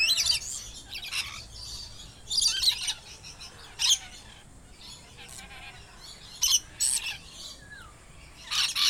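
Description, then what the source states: Several lorikeets calling, bursts of grating, shrill screeches separated by quieter chattering. Ensemble of several lorikeets calling together.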